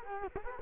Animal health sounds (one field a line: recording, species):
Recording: mosquito wingbeat signal from an infrared sensor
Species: Culex quinquefasciatus